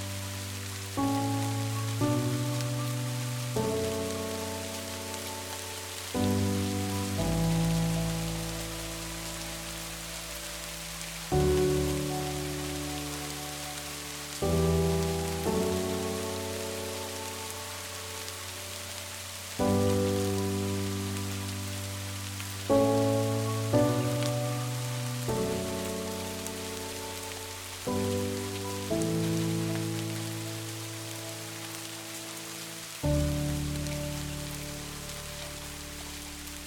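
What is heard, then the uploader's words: Soft piano plays slow, sustained chords over a steady hiss of rain. A new chord sounds every two to four seconds and rings out before the next, with a deep bass note marking each phrase. The rain stays even throughout. The music selection features soft instrumental pieces such as piano that complement the natural sound of the rain and thunder.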